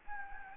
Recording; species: mosquito wingbeat signal from an infrared sensor; Anopheles gambiae